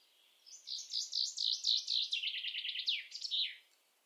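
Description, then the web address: Common chaffinch with a lively trill of repeated notes descending in steps, closing in a sharp downward flourish. "cianscape birddata Deverinetal 2025 File origin Bird Only Fr Co"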